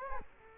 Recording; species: mosquito wingbeat signal from an infrared sensor; Culex quinquefasciatus